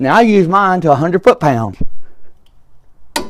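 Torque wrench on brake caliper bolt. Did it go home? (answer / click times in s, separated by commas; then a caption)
yes / 3.2 s. A click-type torque wrench set to 100 ft-lb tightens a 17 mm brake caliper bolt on a Toyota Sequoia while someone talks. After a quiet pause, the wrench gives a sharp click at 3.2 s, showing the bolt has reached the torque setting.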